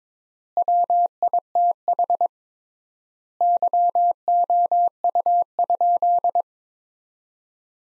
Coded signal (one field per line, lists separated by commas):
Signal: Morse code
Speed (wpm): 22 wpm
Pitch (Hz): 700 Hz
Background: none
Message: WITH YOU?